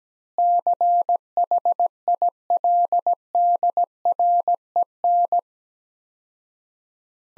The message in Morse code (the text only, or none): CHILDREN